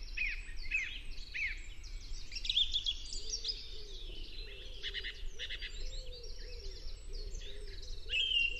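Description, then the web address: Song thrush delivering a busy, high-pitched song of crisp repeated notes and brief whistles over a noticeable low background hum. "chant Grive musicienne"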